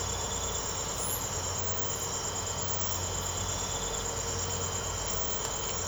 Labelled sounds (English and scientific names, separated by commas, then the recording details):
none
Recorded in secondary vegetation near Puerto Asís, Putumayo, Colombia, on 19 March 2025 at 04:30
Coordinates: 0.468, -76.324
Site G059